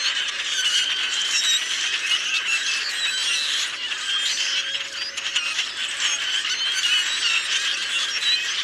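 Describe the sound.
Common grackles: a constant, loud flock chorus of shrill squeals and grating chatter with no pauses.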